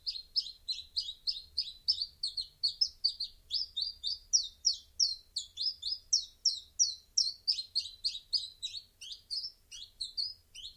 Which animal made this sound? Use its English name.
Common Chiffchaff